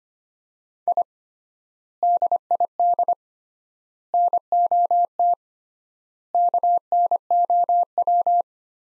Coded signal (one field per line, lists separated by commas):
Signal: Morse code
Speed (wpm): 25 wpm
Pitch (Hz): 700 Hz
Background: none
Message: I DID NOT KNOW